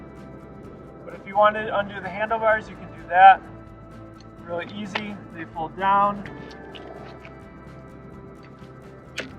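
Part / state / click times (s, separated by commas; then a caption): folding bike section into its folded/stowed position / seated / 9.2 s. Someone talks as a part of a Brompton Electric folding electric bike is folded down under the handlebars. The part snaps into its folded position with a sharp click at 9.2 s.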